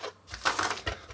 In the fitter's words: locked back in okay you heard that little click